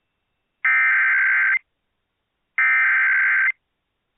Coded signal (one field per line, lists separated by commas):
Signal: Emergency Alert System (SAME) tones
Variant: header bursts